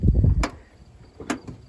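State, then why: Seated. After repair, the power liftgate on a Dodge Grand Caravan/Chrysler Town and Country minivan closes with a low rumble, and its latch catches the body striker with loud clunks at 0.4 s and 1.3 s. The liftgate latch locks closed and is seated.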